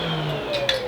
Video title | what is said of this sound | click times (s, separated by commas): Daddy Share Space Daily 9 16 24 | And this just pops into place here. | 0.7 s